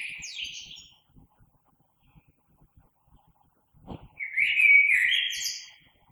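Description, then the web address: Common blackbird song: two brief phrases, a short high flourish then a longer warbled phrase near the end, with a low thump between them. Recorded 3 March 2020. "oiseaux Merle 2020 03 03"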